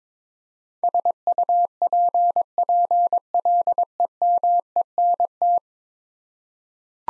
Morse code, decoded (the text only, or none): SUPPLEMENT